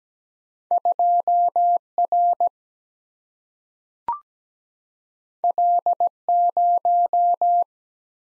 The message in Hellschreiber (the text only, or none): none